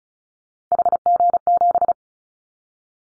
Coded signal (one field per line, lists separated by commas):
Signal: Morse code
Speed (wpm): 34 wpm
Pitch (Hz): 700 Hz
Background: none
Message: HG7